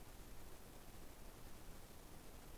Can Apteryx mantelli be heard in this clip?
no